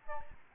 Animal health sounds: mosquito wingbeat signal from an infrared sensor; Aedes albopictus

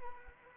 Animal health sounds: mosquito wingbeat signal from an infrared sensor; Anopheles arabiensis

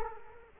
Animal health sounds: mosquito wingbeat signal from an infrared sensor; Culex quinquefasciatus

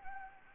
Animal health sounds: mosquito wingbeat signal from an infrared sensor; Anopheles gambiae

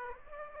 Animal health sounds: mosquito wingbeat signal from an infrared sensor; Aedes aegypti

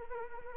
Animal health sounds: mosquito wingbeat signal from an infrared sensor; Anopheles arabiensis

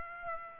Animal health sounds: mosquito wingbeat signal from an infrared sensor; Aedes aegypti

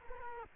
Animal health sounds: mosquito wingbeat signal from an infrared sensor; Culex quinquefasciatus

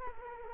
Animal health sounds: mosquito wingbeat signal from an infrared sensor; Culex quinquefasciatus

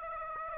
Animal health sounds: mosquito wingbeat signal from an infrared sensor; Aedes aegypti

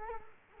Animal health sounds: mosquito wingbeat signal from an infrared sensor; Culex quinquefasciatus

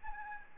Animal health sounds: mosquito wingbeat signal from an infrared sensor; Aedes albopictus

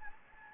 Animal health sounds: mosquito wingbeat signal from an infrared sensor; Anopheles gambiae

